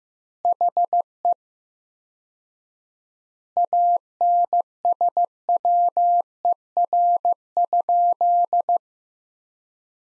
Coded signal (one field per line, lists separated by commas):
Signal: Morse code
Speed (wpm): 15 wpm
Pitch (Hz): 700 Hz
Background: none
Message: HE ANSWER?